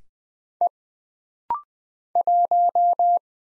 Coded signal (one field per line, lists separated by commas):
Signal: Morse code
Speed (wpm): 20 wpm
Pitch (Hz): 700 Hz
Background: none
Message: E 1